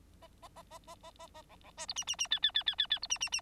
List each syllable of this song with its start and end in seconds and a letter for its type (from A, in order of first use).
0.22-0.27 A, 0.42-0.48 A, 0.56-0.63 A, 0.70-0.79 A, 0.87-0.95 A, 1.03-1.11 A, 1.18-1.27 A, 1.34-1.42 A, 1.49-1.56 B, 1.64-1.71 B, 1.77-1.86 C, 1.88-1.94 D, 1.96-2.04 E, 2.07-2.16 E, 2.18-2.28 E, 2.31-2.39 F, 2.42-2.52 F, 2.54-2.63 F, 2.66-2.75 F, 2.78-2.87 F, 2.90-2.99 F, 3.02-3.07 D, 3.10-3.18 E, 3.20-3.29 E, 3.32-3.41 E